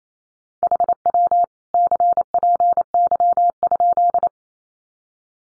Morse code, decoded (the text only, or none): HW CPY?